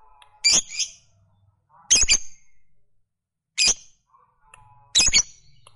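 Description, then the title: Lovebird giving harsh squawks, four scratchy bursts spaced irregularly, with faint low hum and soft tonal sounds between them. Fighter-type lovebird giving a long chatter, called ngekek panjang. "Suara Lovebird FIGHTER NGEKEK PANJANG"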